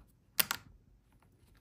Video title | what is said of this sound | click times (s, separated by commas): Jabra PanaCast 50 Video Bar System (VBS) - Setup & Cabling | and once we do we hear it click into place now it is in place just by sliding it it clicks | 0.4 s